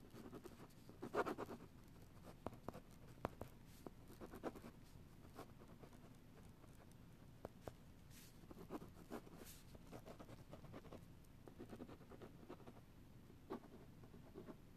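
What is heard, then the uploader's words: A pen writes on paper, producing a continuous run of short, dry scratches and taps. The strokes come in quick, irregular bursts with brief pauses, a few sharper clicks standing out around the first, eighth and thirteenth seconds over a faint low hum. Pen writing.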